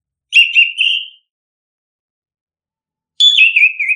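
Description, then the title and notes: Bird song in two short whistled phrases, warbling near one pitch then falling, separated by nearly two seconds of silence. Recorded for training pet birds to sing. "Suara Kicauan Burung untuk memaster burung kesayangan"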